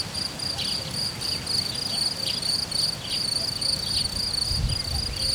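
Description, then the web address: Cricket song: a bright, high trill pulsing steadily, with faint low thumps and rumble near the end. Cricket recorded in nature at Hortobágy in 2014, described as idyllic; an insect landed on the left microphone. "allathangok termeszetben tucsok professzionalis 2014 idilli balmikrofonraraszallorovar hortobagy"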